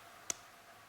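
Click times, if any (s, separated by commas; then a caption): 0.3 s. A 1960s CIA-issued survival balisong (butterfly knife) from Vietnam is swung open, and its handle snaps hard into the open position against the pivot pin and plastic spacer. A single sharp, bright click at 0.3 s stands out against quiet background noise. The handle seats firmly in the open position.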